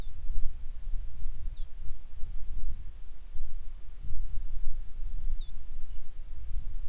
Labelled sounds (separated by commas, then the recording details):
songbird, wind
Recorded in the Prudhoe Bay oil fields, Alaska, on 10 July 2019 at 09:42
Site 11